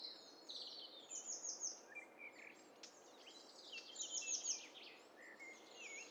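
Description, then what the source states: Several birds calling at once, with overlapping high chirps, short trills and downslurred whistles over a steady background hiss. Stereo mixture of several birds calling together.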